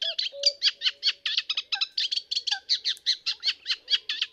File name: Rousserolle effarvatte